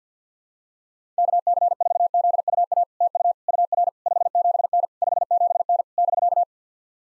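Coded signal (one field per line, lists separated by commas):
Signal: Morse code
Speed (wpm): 54 wpm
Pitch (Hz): 700 Hz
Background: none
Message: KC4ZUA TU UR 57N 57N <BK>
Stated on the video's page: Morse practice of POTA (Parks on the Air) QSO exchanges at 50 wpm; each exchange sent, spoken, then sent again.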